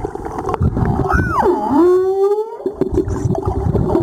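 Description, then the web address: Humpback whale call: a single harmonic unit that falls steeply, then slowly rises into a long, steady moan, with gurgling, crackly water noise around it. Recorded 17 April 2022. "2022 04 17 jubarte"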